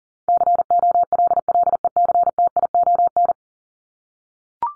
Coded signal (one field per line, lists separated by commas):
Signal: Morse code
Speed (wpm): 40 wpm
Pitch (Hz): 700 Hz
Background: none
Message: COLLECTION